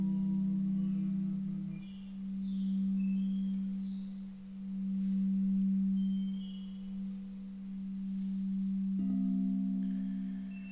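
Singing bowls hum with a low, sustained tone that swells and fades in slow waves, its pitch shifting slightly near two seconds. Faint higher overtones shimmer above the drone, and around nine seconds another bowl is struck, adding a brighter ringing layer.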